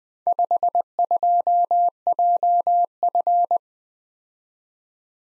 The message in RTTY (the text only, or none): none